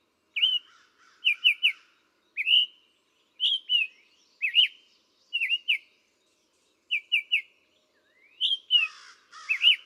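Summer tanager song: single, paired and tripled burry whistled notes, rising and falling, with a short rough rustling burst near the end.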